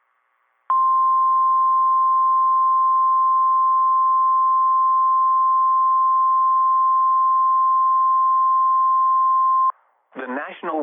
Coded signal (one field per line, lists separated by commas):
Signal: Emergency Alert System (SAME) tones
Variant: 1050 Hz attention tone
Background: speech